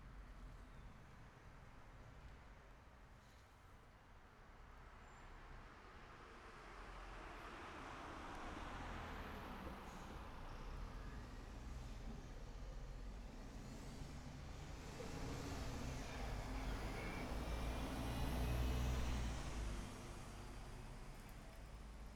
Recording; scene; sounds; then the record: everyday scene through a hearing-aid microphone; in traffic; traffic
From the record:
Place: city secondary road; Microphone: behind the ear, right, front